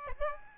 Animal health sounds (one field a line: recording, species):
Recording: mosquito wingbeat signal from an infrared sensor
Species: Aedes albopictus